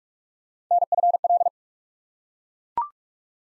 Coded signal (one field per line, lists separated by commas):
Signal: Morse code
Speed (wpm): 44 wpm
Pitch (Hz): 700 Hz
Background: none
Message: NFL